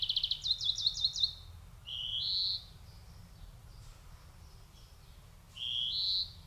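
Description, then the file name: European greenfinch: a fast twittering trill, then two long nasal wheezes that rise in pitch, separated by about three seconds of quiet. "Chloris chloris"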